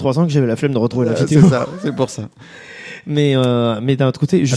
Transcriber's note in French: rires